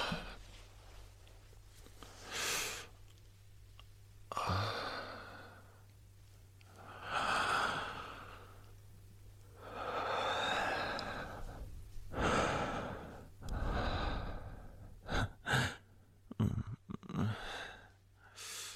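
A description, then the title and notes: A man moans and whimpers in drawn-out, breathy groans that swell and fade every couple of seconds, with gasping inhales between them. Toward the end the sounds break into short, quick sobbing bursts. A low steady hum sits underneath throughout. Male moaning & whimpering asmr.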